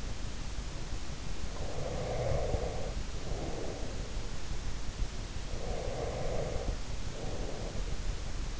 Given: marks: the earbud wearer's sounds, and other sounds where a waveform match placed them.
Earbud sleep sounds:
sounds in sleep by an in-ear microphone; breath
1.58-4.18 s: breath
5.49-8.60 s: breath

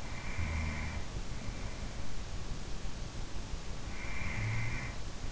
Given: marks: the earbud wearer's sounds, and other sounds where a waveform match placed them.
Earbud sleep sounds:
sounds in sleep by an in-ear microphone; breath
0.00-1.56 s: breath
3.81-5.13 s: breath

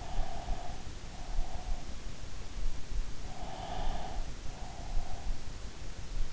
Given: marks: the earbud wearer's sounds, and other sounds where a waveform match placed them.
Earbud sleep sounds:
sounds in sleep by an in-ear microphone; breath
0.03-1.99 s: breath
3.28-5.48 s: breath

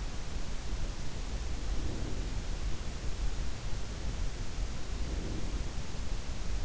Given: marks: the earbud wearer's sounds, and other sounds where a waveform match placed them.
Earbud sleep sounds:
sounds in sleep by an in-ear microphone; breath
1.41-2.71 s: breath
4.78-5.93 s: breath

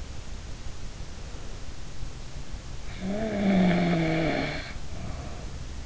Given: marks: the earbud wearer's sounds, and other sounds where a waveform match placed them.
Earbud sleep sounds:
sounds in sleep by an in-ear microphone; snoring breath
3.00-5.67 s: snoring breath

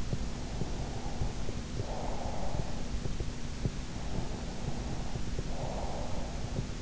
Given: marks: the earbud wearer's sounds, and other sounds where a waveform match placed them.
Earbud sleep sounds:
sounds in sleep by an in-ear microphone; breath
0.44-3.04 s: breath
4.36-6.27 s: breath

